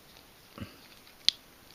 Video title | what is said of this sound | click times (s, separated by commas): Transformers Bumblebee MPM 7, review en français | On vient verrouiller ce trou là dans cet ergot là. | 1.3 s